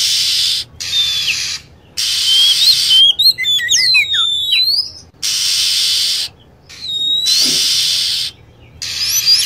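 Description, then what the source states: Lovebird calls: harsh buzzy bursts lasting about a second alternate with shrill, sharply bending whistled notes, with short silent gaps between phrases. Lure sound used to attract lovebirds.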